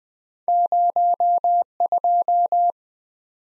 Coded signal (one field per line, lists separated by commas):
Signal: Morse code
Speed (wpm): 20 wpm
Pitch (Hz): 700 Hz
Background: none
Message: 02